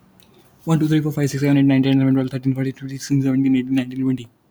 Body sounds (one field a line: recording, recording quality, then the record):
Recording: counting at a fast pace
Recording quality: excellent, no background noise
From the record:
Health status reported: healthy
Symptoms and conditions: none ticked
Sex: male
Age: 19 years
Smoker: not ticked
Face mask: not worn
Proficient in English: yes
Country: India